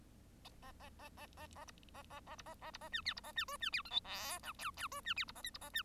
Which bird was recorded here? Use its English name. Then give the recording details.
Bengalese Finch. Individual Bird1